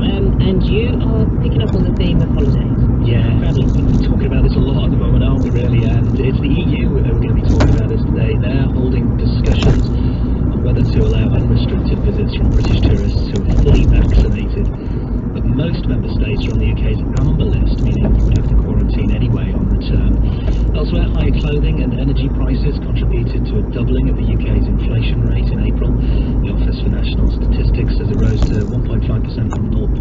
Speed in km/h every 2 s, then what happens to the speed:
45, 45, 44, 44, 44, 44, 40, 39, 37, 37, 37, 37, 39, 35, 32.
0-9 steady at about 44. 9-15 slows to 37. 15-24 steady at about 37. 24-30 slows to 32.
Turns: none.